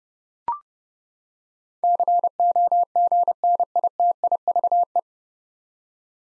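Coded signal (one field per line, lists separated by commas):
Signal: Morse code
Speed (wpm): 31 wpm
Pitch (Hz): 700 Hz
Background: none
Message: COGNITIVE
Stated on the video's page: Morse drill of nine-letter words at 30 wpm, each sent, spoken, then sent again for head-copy practice.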